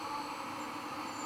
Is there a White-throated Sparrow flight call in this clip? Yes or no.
no